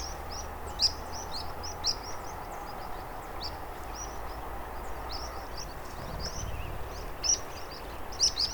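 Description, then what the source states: Meadow and water pipits giving thin high calls from many birds at once, scattered irregularly, some louder than others, over a low rumbling background. Evening roost of 100–150 meadow and water pipits in a reedbed at Marais des Bouligons, 12 November 2020; present since September, calls whistling across the sky until nightfall; Nagra Ares BB+, omni B&K microphone.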